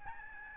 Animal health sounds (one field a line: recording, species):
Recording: mosquito wingbeat signal from an infrared sensor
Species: Aedes albopictus